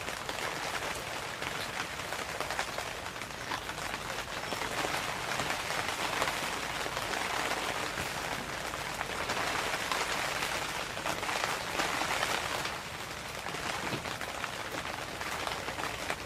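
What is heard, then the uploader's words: Rain falls on a tent in a dense, steady patter of countless small drops, bright, with a soft hiss filling the upper range. The downpour swells slightly around the middle and eases briefly near thirteen seconds before continuing evenly. Relaxing sounds of nature, Rainfall on a tent. Rain Falling on a Tent.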